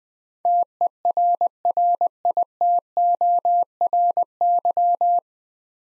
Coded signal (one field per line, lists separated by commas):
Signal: Morse code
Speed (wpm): 20 wpm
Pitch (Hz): 700 Hz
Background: none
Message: TERRITORY